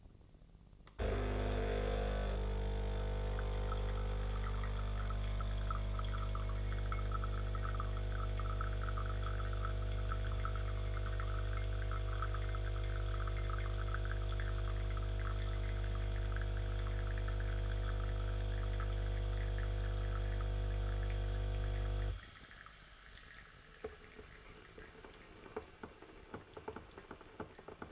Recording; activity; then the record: daily activity, microphone in the room; make coffee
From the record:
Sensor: 4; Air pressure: 1001.1 hPa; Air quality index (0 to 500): 147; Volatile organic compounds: 2 ppm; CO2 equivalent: 1079 ppm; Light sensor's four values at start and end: 21/49/21/21 and 22/52/22/23